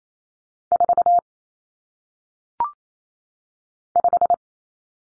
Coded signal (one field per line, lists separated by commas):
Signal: Morse code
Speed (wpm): 28 wpm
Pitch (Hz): 700 Hz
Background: none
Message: 4 5